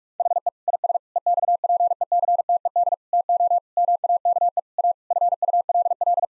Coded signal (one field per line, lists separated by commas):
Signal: Morse code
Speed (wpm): 44 wpm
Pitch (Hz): 700 Hz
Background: none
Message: HE IS EXPECTED TO MAKE A FULL